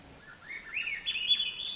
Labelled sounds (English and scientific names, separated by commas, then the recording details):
Swainson's Thrush (Catharus ustulatus)
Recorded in Sonoma County, California